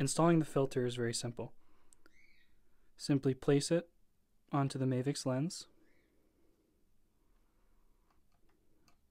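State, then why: Not seated. A small ND lens filter is handled and placed over the lens of a DJI Mavic drone's gimbal camera while someone talks. A few faint ticks come through near 1.9 s, 2.1 s and 8.9 s. Nothing has seated or clicked yet.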